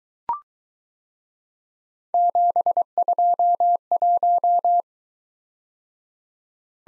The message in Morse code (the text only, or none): 721